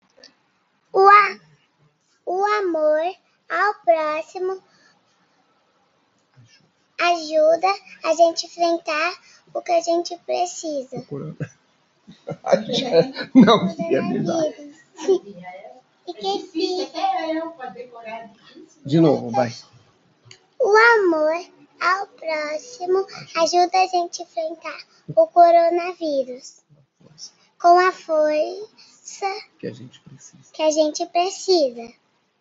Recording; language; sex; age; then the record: spoken sentence; Brazilian Portuguese; male; 50 to 59 years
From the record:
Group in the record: control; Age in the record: 55 years